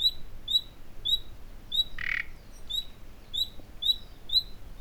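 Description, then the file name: Common nightingale giving short high whistles repeated about every half second, with one harsh rasping note midway. "Luscinia megarhynchos"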